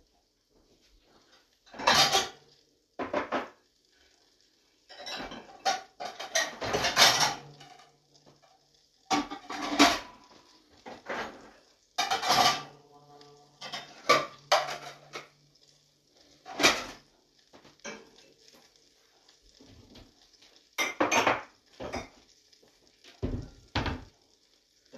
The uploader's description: Frying eggs and Bell Peppers